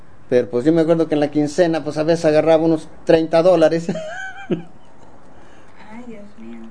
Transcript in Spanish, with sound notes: Pero pos yo me acuerdo que en la quincena, pos a veces agarraba unos $30 dólares. (risas)
¡Ay, Dios mío!